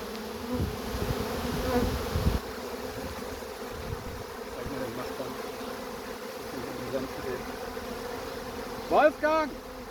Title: Nach dem Fangen eines Bienenschwarms strömen die restlichen Bienen durch ein Flugloch in die Schwarmkiste